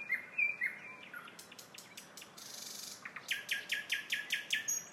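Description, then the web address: Nightingale song: a few whistled notes, a soft buzzy pause, then a quick series of loud repeated chirps. Song of a nightingale recorded in a town. "spiew slowika miasto zukowski"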